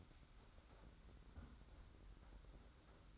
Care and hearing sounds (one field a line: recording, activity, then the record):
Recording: daily activity, microphone in the room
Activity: close fridge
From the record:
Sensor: 3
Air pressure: 991.8 hPa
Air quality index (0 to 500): 216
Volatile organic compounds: 1000 ppm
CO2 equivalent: 7367 ppm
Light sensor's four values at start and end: 33/97/39/33 and 33/97/39/33